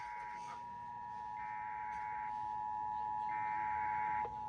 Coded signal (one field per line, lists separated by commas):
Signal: Emergency Alert System (SAME) tones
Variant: 853 and 960 Hz attention tone